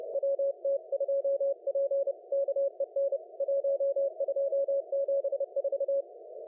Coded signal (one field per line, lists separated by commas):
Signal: Morse code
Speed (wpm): 30 wpm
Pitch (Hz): 560 Hz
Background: none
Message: WT2P KEN 1274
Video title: 2022 02 09 CWT 1900Z